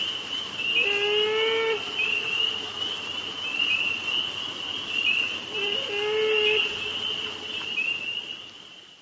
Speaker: This is this lone male beaver swimming in slow circles, crying out inconsolably for its lost mate and offspring.